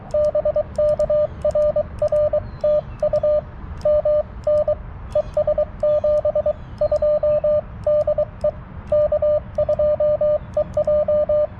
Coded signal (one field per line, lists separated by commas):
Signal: Morse code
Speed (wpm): 22 wpm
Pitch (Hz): 600 Hz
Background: radio noise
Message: BK RR TU MN ES 72 DE K2EJ